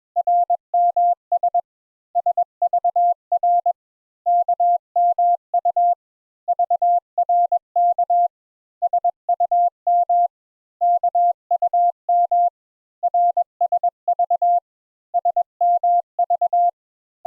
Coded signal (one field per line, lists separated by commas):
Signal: Morse code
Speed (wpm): 21 wpm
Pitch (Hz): 700 Hz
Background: none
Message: RMS SVR KMU VRK SUM KUM RSV SMV